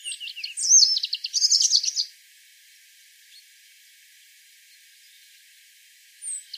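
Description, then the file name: European robin song: a two-second burst of high, sparkling warbled notes, followed by silence and a faint short note at the end. "Erithacus rubecula"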